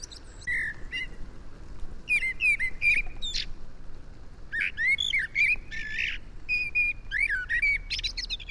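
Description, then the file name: Eurasian blackbird calling with brief fluty notes and sharp high twitters in quick, irregular clusters, with a pause in the middle, against low background rumble. "Turdus merula"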